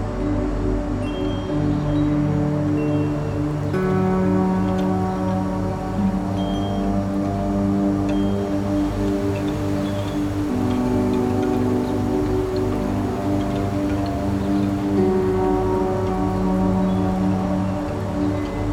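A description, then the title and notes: Wind chimes ring in long, overlapping tones that hang and blend, with the mix of notes shifting every few seconds as new strikes ring out. A steady low rumble of wind and city traffic runs underneath at an even, fairly loud level. Windy Windchimes in the City.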